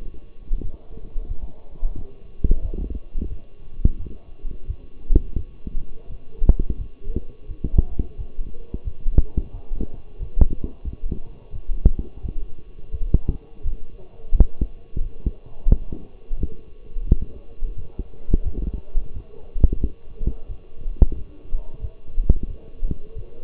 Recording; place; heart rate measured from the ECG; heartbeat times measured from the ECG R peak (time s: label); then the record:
heart sounds by stethoscope; between the tricuspid and mitral areas; 88 bpm
0.60 s: heartbeat
1.27 s: heartbeat
1.95 s: heartbeat
2.61 s: heartbeat
3.29 s: heartbeat
3.98 s: heartbeat
4.67 s: heartbeat
5.36 s: heartbeat
6.08 s: heartbeat
6.77 s: heartbeat
7.47 s: heartbeat
8.16 s: heartbeat
8.84 s: heartbeat
9.52 s: heartbeat
10.19 s: heartbeat
10.84 s: heartbeat
11.52 s: heartbeat
12.22 s: heartbeat
12.91 s: heartbeat
13.62 s: heartbeat
14.32 s: heartbeat
14.99 s: heartbeat
15.69 s: heartbeat
16.37 s: heartbeat
17.05 s: heartbeat
17.75 s: heartbeat
18.43 s: heartbeat
19.13 s: heartbeat
19.80 s: heartbeat
20.47 s: heartbeat
21.15 s: heartbeat
21.81 s: heartbeat
22.47 s: heartbeat
23.14 s: heartbeat
From the record:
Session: walking at 3.7 km/h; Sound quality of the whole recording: partially saturated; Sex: male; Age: 24 years